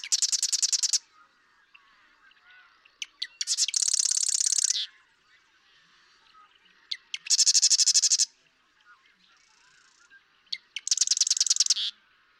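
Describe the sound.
Marsh Wren song: four dense, buzzy, rattling trills about a second long, most introduced by a few sharp ticking notes, with pauses of two to three seconds.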